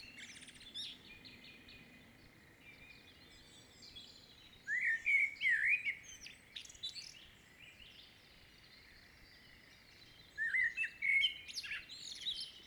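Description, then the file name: Common blackbird song: after a few quiet seconds, a looping, wavering fluted phrase, a long gap, then another whistled phrase with faint high twitters. "Turdus merula"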